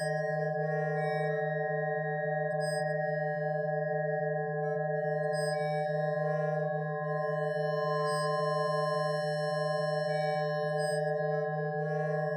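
Several steady sine tones layered into a bell-like chord, a low pulsing hum beneath bright ringing partials that swell and fade with light reverb.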